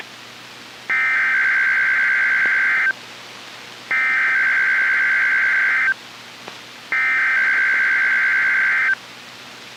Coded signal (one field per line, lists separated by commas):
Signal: Emergency Alert System (SAME) tones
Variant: header bursts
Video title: 1-10-18 Required Weekly Test (EAS# 13)